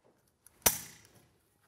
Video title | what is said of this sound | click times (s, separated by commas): Individual Pull Out Larder Solid Base Installation Guide | should hear a click as it goes into place | 0.7 s